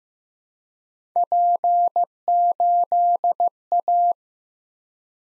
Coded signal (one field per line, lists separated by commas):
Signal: Morse code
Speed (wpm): 15 wpm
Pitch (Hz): 700 Hz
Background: none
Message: P8A